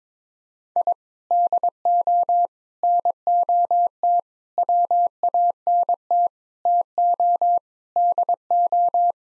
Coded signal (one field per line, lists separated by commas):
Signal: Morse code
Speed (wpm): 22 wpm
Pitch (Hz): 700 Hz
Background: none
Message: I DO NOT WANT TO DO